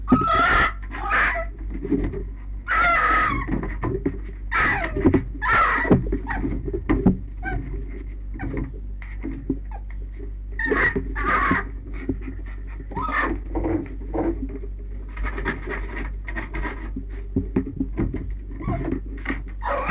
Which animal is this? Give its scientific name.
Vulpes vulpes